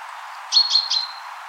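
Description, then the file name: Common chaffinch calling: three short, sharp high notes in quick succession over a thin steady whistled tone. "Fringilla coelebs"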